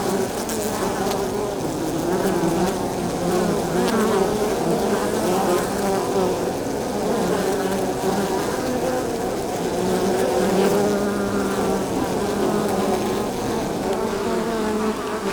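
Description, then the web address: Honey bees buzzing in a dense, steady drone, many overlapping wingbeat tones wavering in pitch. Bees at the exterior of a beehive, landing zone, very close, stereo. "GDC 2017-Game Audio Bundle Sound Holder - Beehive bees hive exterior landing zone very close stereo"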